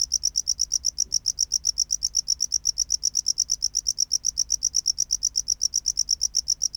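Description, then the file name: Tropical house cricket song, a long run of evenly spaced shrill chirps at a brisk rate. "Bio Acoustica Gryllodes sigillatus"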